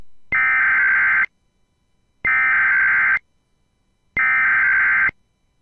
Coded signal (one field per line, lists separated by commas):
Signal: Emergency Alert System (SAME) tones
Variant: header bursts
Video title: (9/11/21 and 9/14/21) Practice Demo & Civil Authority Alerts (EAS 279-281)